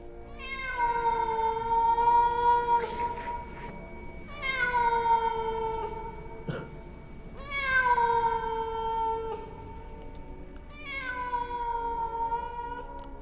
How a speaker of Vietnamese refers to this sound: Đằng này, trong cái tiếng ầm ầm lẩn khuất kia, thì có tiếng một con mèo kêu lên não nồng.